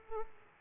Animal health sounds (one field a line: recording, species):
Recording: mosquito wingbeat signal from an infrared sensor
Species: Aedes aegypti